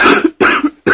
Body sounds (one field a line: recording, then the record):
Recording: coughing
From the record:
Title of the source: 64 coughing, allergies, singing lungs